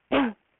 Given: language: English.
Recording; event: throat vibration sensor signal played as sound; cough